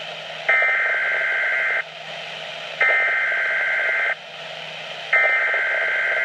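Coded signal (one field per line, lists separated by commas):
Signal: Emergency Alert System (SAME) tones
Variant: header bursts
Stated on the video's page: Received from Weatheradio Canada, a rainfall warning.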